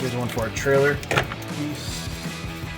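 A trailer wiring harness connector is handled next to the bumper-mounted trailer plug on a 2014-2018 Sierra 1500 factory style rear bumper, as someone talks over faint background music. Nothing has seated or clicked yet; the connector is not yet home.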